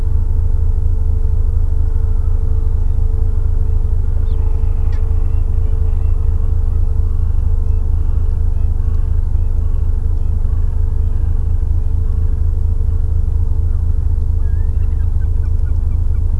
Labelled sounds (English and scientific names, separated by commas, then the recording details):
Gentoo Penguin (Pygoscelis papua)
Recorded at the colony at Pleneau Island, Antarctica, on 3 January 2015
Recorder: Song Meter SM2+